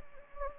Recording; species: mosquito wingbeat signal from an infrared sensor; Anopheles gambiae